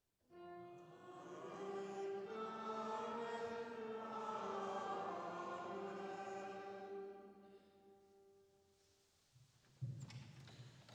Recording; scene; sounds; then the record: everyday scene through a hearing-aid microphone; reverberant space; music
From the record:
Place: church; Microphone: in the ear canal, left